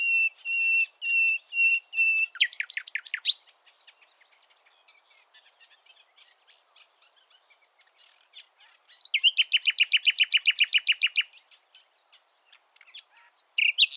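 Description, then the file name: Common nightingale song: slow pure whistled notes repeated, then a steep rattle; after a quiet gap, a long fast rattling trill and scattered notes. "Luscinia megarhynchos"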